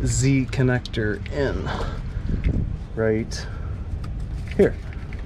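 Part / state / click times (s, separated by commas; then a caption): wiring harness connector into frame-mounted fuel lift pump / not seated / none. Someone talks while a wiring harness connector is handled at the frame-mounted fuel lift pump on a 7.3 Powerstroke diesel truck, ready to be plugged into its mating socket. Brief faint ticks come at 4.0 s and 5.1 s, but nothing has seated or clicked yet.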